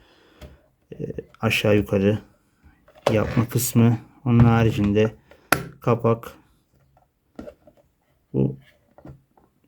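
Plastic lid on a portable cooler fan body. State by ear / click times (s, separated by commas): partly seated / 9.0 s, 9.4 s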